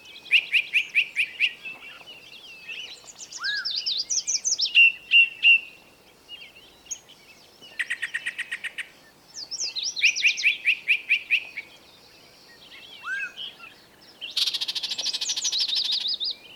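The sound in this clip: Bird song in repeated bouts: quick series of sharp high notes, warbled phrases and slurred notes, with a buzzy trill near the end.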